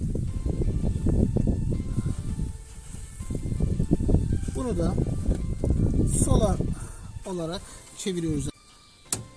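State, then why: Seated. A headlamp bulb holder on an Opel Astra J is twisted into its plastic headlight housing while someone talks over background music. A sharp click at 9.1 s shows the holder has locked in and seated.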